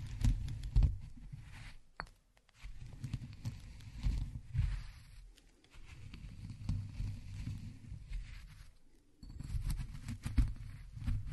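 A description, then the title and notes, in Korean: Walnuts are ground by hand in a low, gritty rumble that runs in long stretches, broken by brief pauses near two, five and a half, and nine seconds. Small sharp cracks and knocks pop through the grinding now and then. 호두를 직접 갈아보겠습니다. 손으로 직접 갈아먹는 호두.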